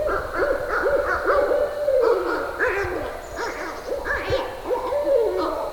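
Barred owl hooting, loud wavering hoots with rising and falling slurs and rougher, barking notes mixed in, continuing steadily throughout.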